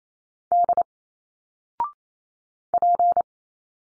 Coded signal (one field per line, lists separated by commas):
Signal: Morse code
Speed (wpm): 28 wpm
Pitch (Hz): 700 Hz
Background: none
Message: D P